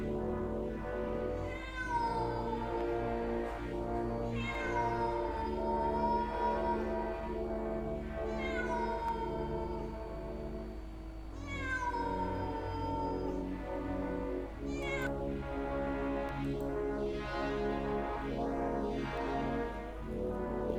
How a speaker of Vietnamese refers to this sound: Rồi có tiếng một con mèo kêu lên.